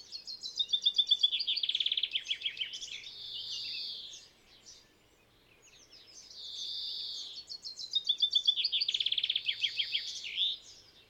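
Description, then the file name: Common chaffinch song: two bright phrases of rapid trilled notes, each with a flourish, separated by a short pause, over quiet background. "Fringilla coelebs"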